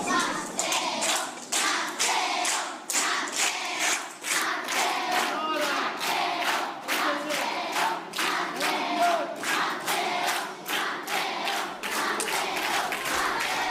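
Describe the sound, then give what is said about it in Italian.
Children from a school in Siracusa chant together in a loud, rhythmic, stadium-style chorus, greeting the premier with cries of "Matteo, Matteo". Steady pulsing beats and clapping run through the whole stretch. “I bambini in coro, quasi da stadio, hanno voluto dedicare al premier una canzone”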